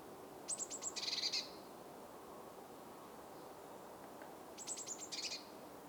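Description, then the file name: Eurasian blue tit calling twice, each call a few thin, very high notes running straight into a buzzy, scolding churr, over a steady background hiss. "Cyanistes caeruleus"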